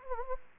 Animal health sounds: mosquito wingbeat signal from an infrared sensor; Anopheles gambiae

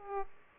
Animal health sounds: mosquito wingbeat signal from an infrared sensor; Aedes aegypti

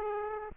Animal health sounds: mosquito wingbeat signal from an infrared sensor; Aedes aegypti

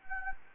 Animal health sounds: mosquito wingbeat signal from an infrared sensor; Anopheles gambiae

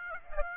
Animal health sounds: mosquito wingbeat signal from an infrared sensor; Aedes aegypti

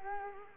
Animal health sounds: mosquito wingbeat signal from an infrared sensor; Culex quinquefasciatus

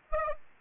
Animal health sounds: mosquito wingbeat signal from an infrared sensor; Aedes aegypti

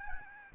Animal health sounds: mosquito wingbeat signal from an infrared sensor; Aedes albopictus

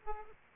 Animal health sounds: mosquito wingbeat signal from an infrared sensor; Aedes aegypti

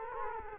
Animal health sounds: mosquito wingbeat signal from an infrared sensor; Culex quinquefasciatus

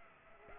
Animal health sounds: mosquito wingbeat signal from an infrared sensor; Culex pipiens

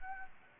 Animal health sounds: mosquito wingbeat signal from an infrared sensor; Anopheles gambiae

